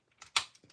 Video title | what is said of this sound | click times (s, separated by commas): Transformers Fans Toys FT-40A Hannibal (Cerebros) // P4L Reviews | there we go and you get a satisfying click and there we have hannibal | 0.4 s